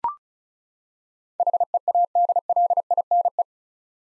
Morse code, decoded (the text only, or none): HEADLINE